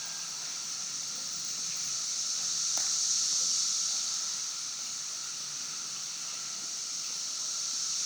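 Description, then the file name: Cicadas in a high, continuous, buzzing chorus swelling to a peak midway and easing off again, with one faint click. Several cicadas recorded at Broken Rock Falls on 11 June 2016 at 5:12 pm. "Cicadas at Broken Rock Falls 2016-06-11 512 pm"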